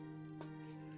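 A small lock clip is pressed down over the grooves of a threaded thermocouple adapter on an RV furnace gas valve pilot assembly. It snaps into place with a short, sharp click at 0.4 s over a steady hum, and the clip now holds the adapter in place.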